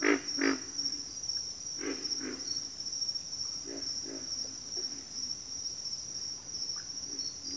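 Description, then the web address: Pig frog grunting in scattered low pulses, some paired, with a constant high-pitched insect buzz behind. Pig frogs calling in a bayou. "Echoes of Nature - Bayou Pig Frogs"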